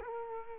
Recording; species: mosquito wingbeat signal from an infrared sensor; Culex quinquefasciatus